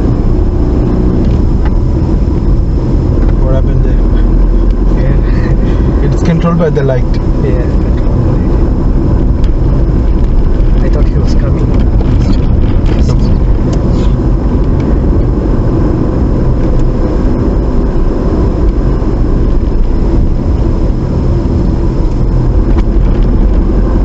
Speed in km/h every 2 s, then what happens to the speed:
29, 32, 37, 35, 35, 35, 35, 40, 39, 37, 34, 37.
0-3 speeds up to 37. 3-21 steady at about 35.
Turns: none.